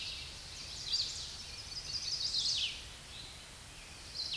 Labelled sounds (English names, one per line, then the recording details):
Chestnut-sided Warbler song
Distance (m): 40 m
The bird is about level with the microphone
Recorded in a Pennsylvania forest on 16 May 2024 at 07:22
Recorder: AudioMoth, point MSD-1338
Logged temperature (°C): 12.6 °C
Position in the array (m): 89 m, 68 m